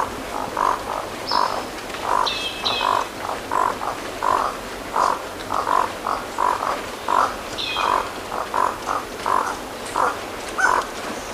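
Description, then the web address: Crimson-rumped toucanet croaking rhythmically, with harsh clipped notes repeated about every 0.7 seconds, while other birds add brief higher whistles and buzzes. Recorded in Ecuador. "Birds of Ecuador. Crimson-rumped Toucanet"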